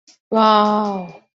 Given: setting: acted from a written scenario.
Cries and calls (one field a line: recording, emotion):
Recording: vocal sound without words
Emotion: awe